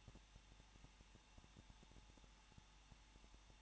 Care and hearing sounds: daily activity, microphone in the room; no activity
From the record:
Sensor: 1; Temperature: 20.1 degrees Celsius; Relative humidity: 39.4%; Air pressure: 1006.4 hPa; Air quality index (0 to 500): 219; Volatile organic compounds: 81 ppm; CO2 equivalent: 3611 ppm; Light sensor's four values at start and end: 1/2/1/1 and 1/2/1/1

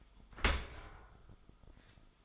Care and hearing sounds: daily activity, microphone in the room; open dishwasher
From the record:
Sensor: 5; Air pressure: 1004.7 hPa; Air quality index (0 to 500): 93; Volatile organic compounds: 2 ppm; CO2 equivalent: 1124 ppm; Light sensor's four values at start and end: 33/75/30/30 and 32/74/30/29

